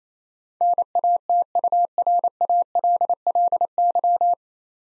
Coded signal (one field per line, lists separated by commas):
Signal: Morse code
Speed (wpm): 28 wpm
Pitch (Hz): 700 Hz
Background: none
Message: NATURALLY